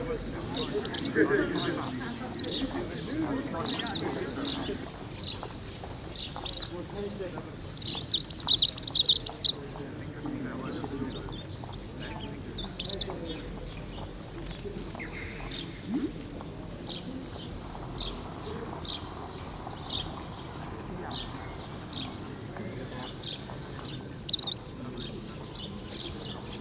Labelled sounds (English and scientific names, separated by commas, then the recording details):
Greenish Warbler (Phylloscopus trochiloides)
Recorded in the wild
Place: Chudjirt, MN
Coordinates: 47.013, 102.255
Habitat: Park
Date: 1979-09-07
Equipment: Nagra III BH, Sennheiser MD 21, parabola
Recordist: Schubert, Michael